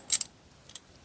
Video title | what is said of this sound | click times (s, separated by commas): C3 Corvette Door Latches | we're going to set that as if the door is closed you heard the click okay | 0.2 s